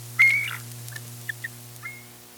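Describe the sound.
Bald eagle call: a thin, level whistle, a few brief chirps, then a fainter whistled note, over a constant low hum.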